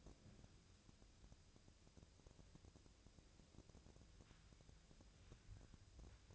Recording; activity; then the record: daily activity, microphone in the room; wipe stove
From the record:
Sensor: 2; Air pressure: 1001.5 hPa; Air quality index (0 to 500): 226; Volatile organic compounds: 25 ppm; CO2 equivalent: 2842 ppm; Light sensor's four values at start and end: 7/26/10/9 and 7/26/10/9